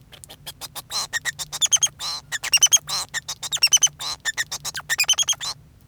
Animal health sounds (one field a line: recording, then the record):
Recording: song of a male Bengalese finch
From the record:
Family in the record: son of father 2